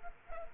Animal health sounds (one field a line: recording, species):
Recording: mosquito wingbeat signal from an infrared sensor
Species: Culex quinquefasciatus